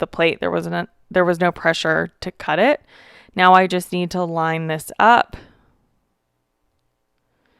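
A thin metal cutting die is lined up over a previously cut paper card panel so that its grooves fit into the grooves already cut. Someone talks during the first half, followed by near silence with a faint tick near the end. Nothing has seated or clicked yet.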